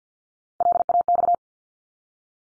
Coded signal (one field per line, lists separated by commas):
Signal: Morse code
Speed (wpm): 50 wpm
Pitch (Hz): 700 Hz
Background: none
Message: LAX